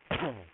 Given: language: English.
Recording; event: throat vibration sensor signal played as sound; speech